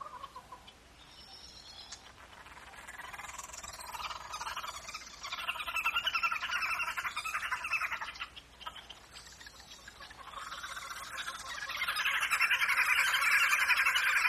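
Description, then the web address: Wood hoopoe cackling chorus: harsh, rapid chattering notes that swell, drop briefly after the middle, then rise again toward the end. African wood hoopoes. "wood hopoes|african"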